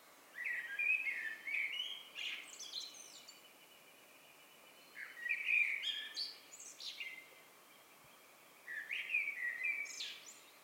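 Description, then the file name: Eurasian blackbird song, three melodious fluted phrases, each ending in thin squeaky flourishes, with quiet gaps between. "Turdus merula"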